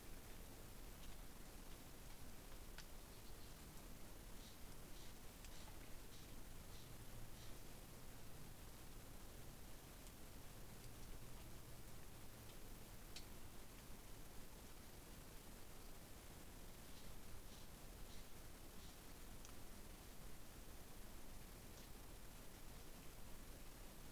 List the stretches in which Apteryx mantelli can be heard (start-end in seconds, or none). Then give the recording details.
none. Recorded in New Zealand on 20 November 2013. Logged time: 21:14. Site CG22